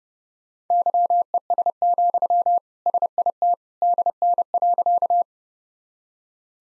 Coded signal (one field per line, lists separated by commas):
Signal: Morse code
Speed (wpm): 32 wpm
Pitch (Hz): 700 Hz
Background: none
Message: YES, SIT DN.